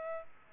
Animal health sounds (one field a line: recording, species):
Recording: mosquito wingbeat signal from an infrared sensor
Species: Aedes albopictus